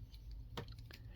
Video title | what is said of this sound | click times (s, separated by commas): Transformers Studio Series '86 Long Haul review | This does lock into place uh like Bone Crushers knee did. | 0.6 s